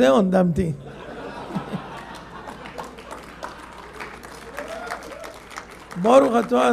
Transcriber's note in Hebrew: מחיאות כפיים